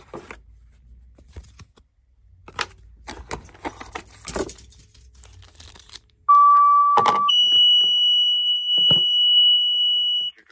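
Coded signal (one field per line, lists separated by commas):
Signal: two-tone page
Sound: rustling and clicks, then a one-second low tone followed by a three-second higher tone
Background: packaging rustling, handling clicks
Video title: Unication G5 7/800MHz (VHF) From Rays Pager Sales Unboxing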